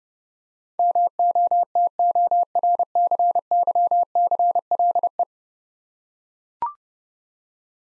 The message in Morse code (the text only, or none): MOTORCYCLE